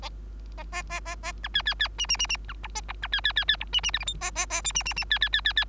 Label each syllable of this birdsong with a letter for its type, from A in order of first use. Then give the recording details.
A A A A A B C C C D D D D B E A E B C C C C E D D F G H A A A I D D D C C C C C. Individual Bird3